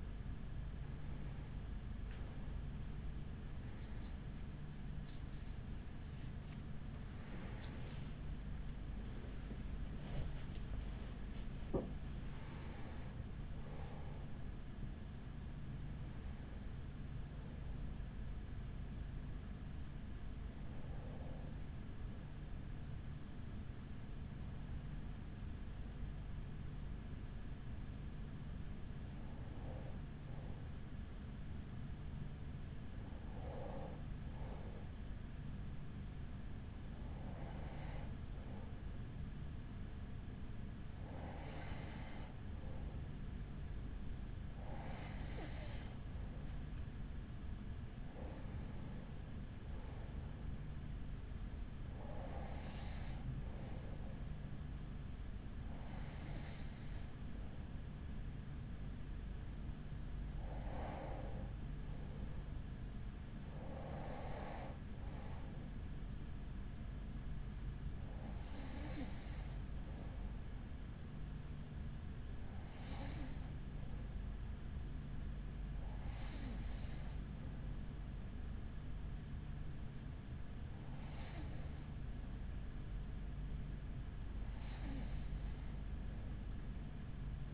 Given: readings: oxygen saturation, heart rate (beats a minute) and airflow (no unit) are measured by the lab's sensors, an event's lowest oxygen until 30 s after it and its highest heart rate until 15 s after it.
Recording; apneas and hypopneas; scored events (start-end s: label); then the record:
breathing in sleep by a smartphone at the bedside; 1
23.00-46.10 s: hypopnea (N1, oxygen 95% highest, then 92% lowest, heart rate 51 at the start, 51 highest)
30.00-87.54 s: new sleep stage, N2 (light sleep)
From the record:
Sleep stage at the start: N1 (lightest sleep); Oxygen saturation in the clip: 92 to 95%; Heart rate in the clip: 43 to 63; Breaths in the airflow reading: 22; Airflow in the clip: -6.2 to 7.2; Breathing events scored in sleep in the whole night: 207 in 7.6 hours asleep